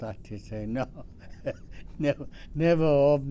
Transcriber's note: chuckles